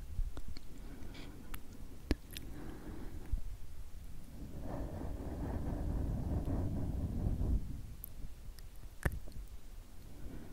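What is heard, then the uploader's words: Slow, soft whispered sk-sk mouth sounds, swelling into a denser, brighter rustle midway, with sharp wet clicks near two and nine seconds. Super Slow & Tingly SkSk from Ear to Ear Sleepy ASMR for Relaxation & White Noise.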